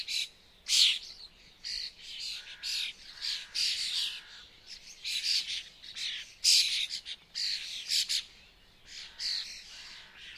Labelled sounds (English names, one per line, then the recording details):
European Starling call
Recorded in the wild
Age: juvenile
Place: Hobrechtsfelder Rieselfelder, Naturpark Barnim, Berlin, DE
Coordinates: 52.6667, 13.4747
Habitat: open landscape
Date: 2012-05-28 07:50
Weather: 20°C, sunny, almost windless
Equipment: Sound Devices 702, Sennheiser MKH 70, Rycote Windschutz
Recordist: Frommolt, Karl-Heinz